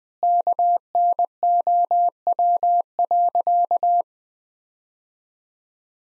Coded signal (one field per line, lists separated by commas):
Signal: Morse code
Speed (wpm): 21 wpm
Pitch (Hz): 700 Hz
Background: none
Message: KNOW.